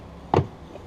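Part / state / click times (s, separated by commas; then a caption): tail light housing studs into car body clips / seated / 0.3 s. A plastic tail light housing on a 2007-2012 Nissan Sentra is pushed forward so its studs snap into the divots in the car body. There is a single sharp pop at 0.3 s, with energy concentrated in the low-mid range and a short decay, and otherwise only quiet background. The tail light assembly seats into place.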